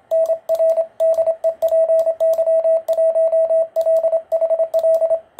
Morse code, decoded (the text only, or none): NR DE PY1LHL